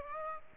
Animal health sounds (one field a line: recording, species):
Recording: mosquito wingbeat signal from an infrared sensor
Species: Aedes aegypti